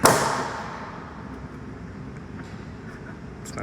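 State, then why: Seated. A truck bed cargo light housing for a Ford F150 (part JL3Z-13E754-A) is pressed into its mounting opening in the truck bed wall. It gives a loud, sharp snap at 0.1 s that rings out and fades, followed by a faint short tick near 3.6 s. The housing is seated firmly in place.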